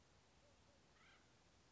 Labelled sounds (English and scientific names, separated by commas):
Acorn Woodpecker (Melanerpes formicivorus)